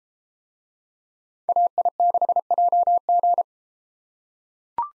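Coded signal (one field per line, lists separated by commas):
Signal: Morse code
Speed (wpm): 32 wpm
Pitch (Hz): 700 Hz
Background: none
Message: AI6JG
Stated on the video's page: Morse practice of USA 2x2 call signs in speed-racing format, starting at 1.5 times base speed, slowing to 22 wpm; final repeat sent once at maximum speed.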